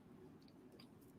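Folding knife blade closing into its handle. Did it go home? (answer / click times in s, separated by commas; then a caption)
no / none. The blade of a slip-joint electrician's knife is closed into its handle, making only faint, soft sounds around 0.5 s and 0.8 s with no crisp snap. The blade fails to snap closed, so nothing has clicked or seated yet, and it may improve once the pivot is worked in.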